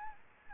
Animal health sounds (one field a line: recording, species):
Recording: mosquito wingbeat signal from an infrared sensor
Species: Aedes albopictus